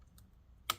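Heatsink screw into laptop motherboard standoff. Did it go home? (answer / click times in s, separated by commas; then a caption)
yes / 0.7 s. A heatsink screw on a Lenovo ThinkPad P51 laptop motherboard is turned backwards over its standoff until the thread start drops into place. After a faint tick at 0.2 s, a sharp, bright click sounds at 0.7 s as the thread seats.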